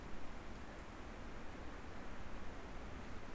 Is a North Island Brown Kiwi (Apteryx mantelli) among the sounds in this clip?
no